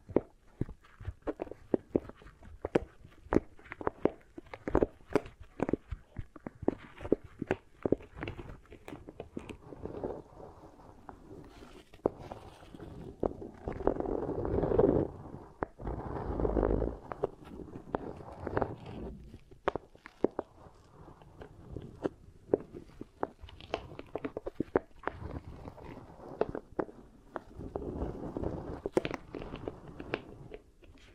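Beeswax ear triggers, with soft sticky crackles and taps that come quickly and unevenly throughout. Pressing and squishing sounds swell to a fuller, denser patch around the middle, then thin out into scattered clicks and gentle rubbing toward the end.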